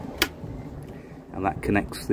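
A battery pack is pressed a second time into a STIHL HSA 56 cordless hedge trimmer, pushing it to the second stage where it engages the contacts. A sharp click at 0.2 s marks the battery seating fully home, and someone talks over a low background hum.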